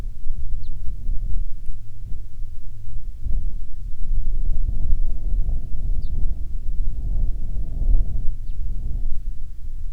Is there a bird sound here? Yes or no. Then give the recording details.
yes. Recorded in the Prudhoe Bay oil fields, Alaska, on 7 August 2019 at 14:26. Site 17